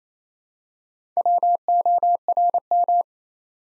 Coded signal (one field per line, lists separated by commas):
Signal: Morse code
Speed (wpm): 27 wpm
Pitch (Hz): 700 Hz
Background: none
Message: WORM